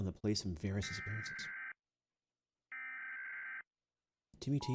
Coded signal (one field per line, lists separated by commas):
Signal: Emergency Alert System (SAME) tones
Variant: header bursts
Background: speech